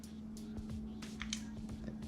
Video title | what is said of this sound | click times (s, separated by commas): TUTORIAL: Chris King Bottom Bracket Installation | you're gonna snap this into the torque wrench click | 1.2 s, 1.3 s